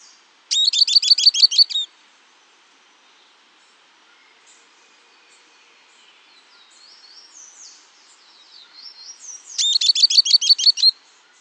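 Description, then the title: Southern beardless tyrannulet calling twice, each a fast burst of bright, high chips lasting over a second; faint thin calls sound in the gap. Nominate subspecies obsoletum. "LuckyPassaro Completos2Sama. Southern Beardless Tyrannulet (Camptostoma obsoletum obsoletum)"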